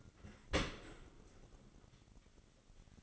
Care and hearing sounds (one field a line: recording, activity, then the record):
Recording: daily activity, microphone in the room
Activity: open dishwasher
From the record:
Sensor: 4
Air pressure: 1003.9 hPa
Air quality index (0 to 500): 152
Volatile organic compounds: 2 ppm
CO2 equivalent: 1082 ppm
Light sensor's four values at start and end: 22/52/22/23 and 22/52/22/23